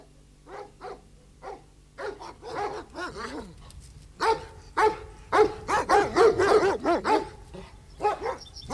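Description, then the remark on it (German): A dog barks in a string of sharp, uneven yaps, mixed with high, wavering whimpers and whines, fairly loud throughout with short pauses between bursts. “Nicht mit Hunden. Sie verschrecken mir die Tiere.”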